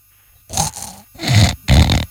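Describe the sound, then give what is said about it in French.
A voice imitates a man snoring while sharing a room in Braga: three rough, throaty snorts, the first shorter, the last two longer and louder, each a raspy low rumble with breathy hiss and short pauses between. “Un homme, ça ronfle.”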